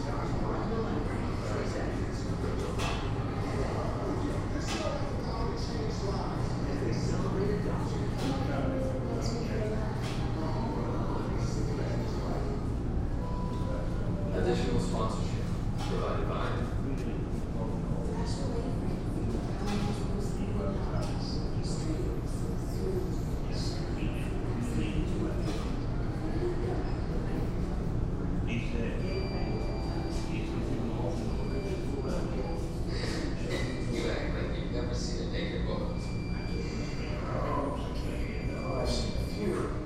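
Inside a laundromat, a steady low machine hum runs throughout, with voices talking on and off over it. Scattered clicks and knocks come through, and after about half a minute high beeping tones appear at intervals.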